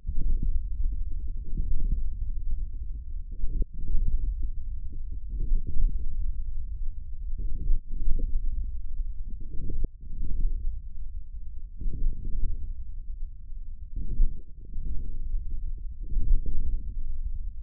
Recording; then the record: forearm muscle sounds (acoustic myography)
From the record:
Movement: hand closing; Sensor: system 1, eight BSWA MPA416 microphones around the upper forearm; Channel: 5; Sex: male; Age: 41 years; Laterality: right